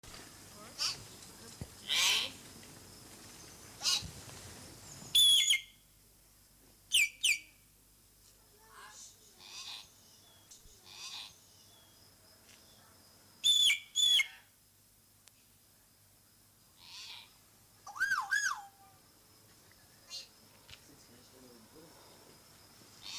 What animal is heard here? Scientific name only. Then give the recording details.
Gracula religiosa. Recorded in captivity. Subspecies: intermedia. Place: Zoo Halle, Sachsen-Anhalt, DE. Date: 2003-10-19 16:41. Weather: fair, 5 - 6°C. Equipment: Fair Mate ST-1328 (Asahi Electronics, Japan), Sennheiser ME 80, Kopie Uher 4000 Report Monitor. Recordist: Tembrock, Günter. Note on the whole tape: Mittlerer Beo (G.r.intermedia): diverse Lautformen (Entfernung ca. 1 m)